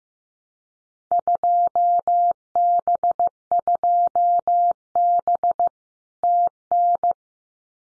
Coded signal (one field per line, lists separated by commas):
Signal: Morse code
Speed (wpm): 15 wpm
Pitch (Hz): 700 Hz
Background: none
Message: 2B2B TN